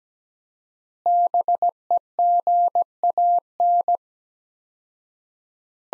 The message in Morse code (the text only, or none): BEGAN